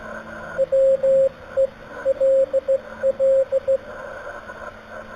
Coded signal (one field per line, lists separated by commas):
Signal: Morse code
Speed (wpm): 15 wpm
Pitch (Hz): 540 Hz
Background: radio noise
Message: WELL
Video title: Morse Code QSO with Jan ZS5HJ